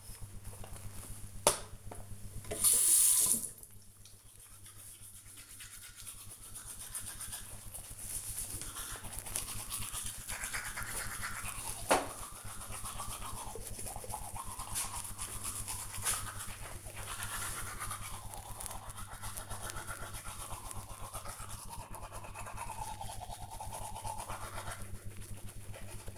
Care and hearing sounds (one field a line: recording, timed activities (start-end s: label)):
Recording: household activities, microphone on the right wrist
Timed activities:
0.00-26.18 s: brushing teeth